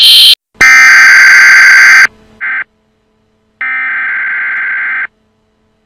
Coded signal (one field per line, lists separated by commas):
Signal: Emergency Alert System (SAME) tones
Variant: header bursts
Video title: YTP: Emergency Alert Sos